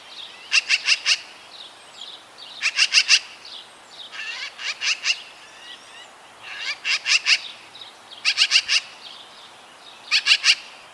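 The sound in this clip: Magpie chatter: harsh rattling bursts of a few rapid notes, repeated every couple of seconds, with faint other birdsong in the background.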